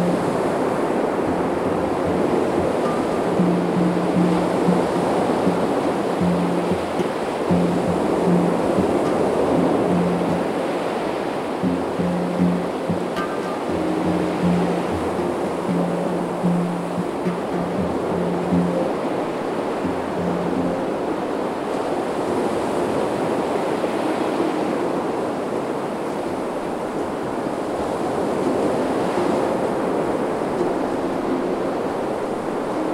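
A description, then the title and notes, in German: Sea waves rush and churn in a steady, dense wash, while a low repeated tone pulses underneath from about three to nineteen seconds. Atlantikwellen. Wellen der wilden See werden mit Entspannten klängen der Handpan begleitet. Handpan gespielt in f-Moll von nowbianco.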